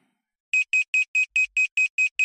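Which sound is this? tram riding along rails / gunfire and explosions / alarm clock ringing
alarm clock ringing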